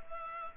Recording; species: mosquito wingbeat signal from an infrared sensor; Culex pipiens